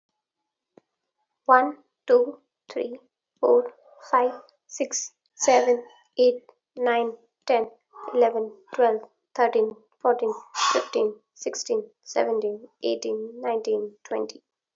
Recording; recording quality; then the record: counting at a normal pace; moderate, slight background noise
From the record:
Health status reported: healthy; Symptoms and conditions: none ticked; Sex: female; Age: 25 years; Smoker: not ticked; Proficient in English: yes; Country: India